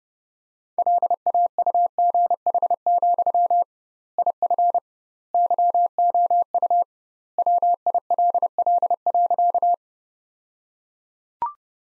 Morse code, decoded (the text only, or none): LAUGH, IF YOU WILL.